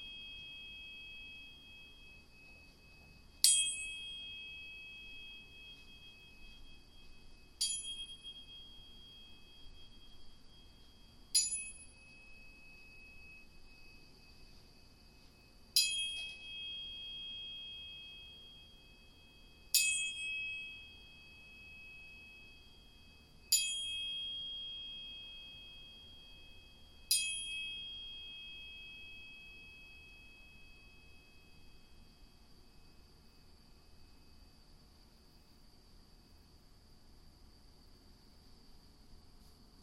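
Two tuning forks are struck in turn, seven sharp metallic taps about every four seconds until near the half-minute mark. Each leaves a pure, high ringing tone that hangs and slowly fades, the two pitches overlapping, over a faint low hum.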